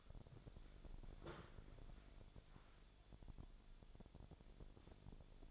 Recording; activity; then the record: daily activity, microphone in the room; walk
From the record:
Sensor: 5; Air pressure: 1000.6 hPa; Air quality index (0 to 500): 134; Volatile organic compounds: 2 ppm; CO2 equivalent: 1043 ppm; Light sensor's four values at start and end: 47/110/46/48 and 47/110/46/48